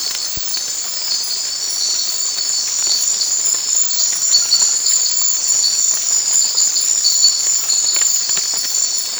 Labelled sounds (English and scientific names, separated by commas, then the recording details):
none
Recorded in secondary vegetation near Puerto Asís, Putumayo, Colombia, on 19 March 2025 at 23:30
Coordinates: 0.499, -76.323
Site G094